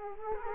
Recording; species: mosquito wingbeat signal from an infrared sensor; Culex quinquefasciatus